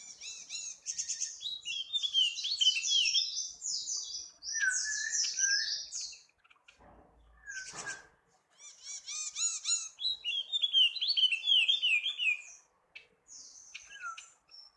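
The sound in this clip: Yellow-spectacled white-eye song: long streams of high, rapid warbling twitters in two main bursts, separated by a brief pause with a few lower notes.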